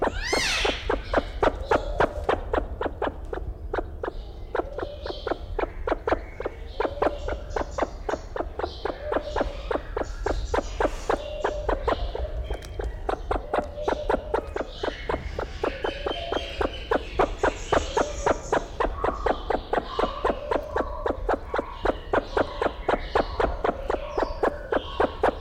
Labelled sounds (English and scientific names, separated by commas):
Sulawesi Myna (Basilornis celebensis) call